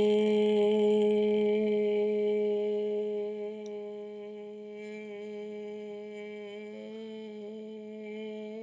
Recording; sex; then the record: sustained vowel /e/; female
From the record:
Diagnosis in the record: healthy control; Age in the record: 60 years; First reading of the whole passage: 59 s, 7.9 characters per second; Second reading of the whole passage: 55 s, 8.5 characters per second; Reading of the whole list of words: 44 s, 6.4 characters per second